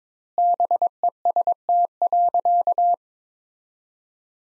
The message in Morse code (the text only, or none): BEST.